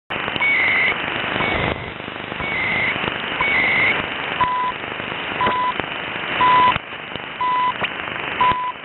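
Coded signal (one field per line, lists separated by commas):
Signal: radio time signal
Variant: CHU Canada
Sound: crackling shortwave static with short 1 kHz beeps about each second, earlier fainter higher tones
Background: radio static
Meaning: Each 1 kHz tick marks one second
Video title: 2018-03-23 - 05:18:35 - 3330 kHz - Time Signal CHU Canada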